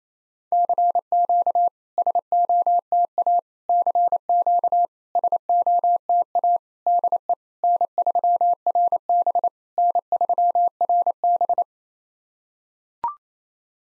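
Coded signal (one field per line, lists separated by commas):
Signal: Morse code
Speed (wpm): 28 wpm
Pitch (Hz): 700 Hz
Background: none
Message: CQ SOTA CQ SOTA DE N3RB N3RB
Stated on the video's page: Simulated SOTA QSO practice at 28 wpm: each exchange sent in Morse, spoken, then sent again.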